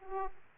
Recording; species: mosquito wingbeat signal from an infrared sensor; Aedes aegypti